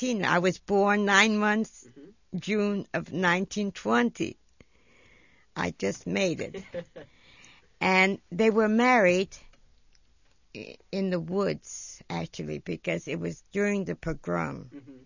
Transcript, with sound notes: I was born nine months, June of 1920. I just made it. (laughs) And they were married in the woods actually because it was during the pogroms.